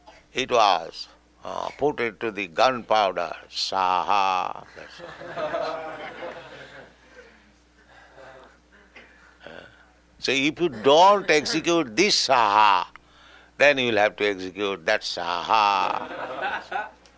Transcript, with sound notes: it was put into the gun powder, "Svāhā!" That's all. [laughter] So if you don't execute this svāhā, then you will have to execute that svāhā.